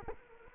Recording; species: mosquito wingbeat signal from an infrared sensor; Culex quinquefasciatus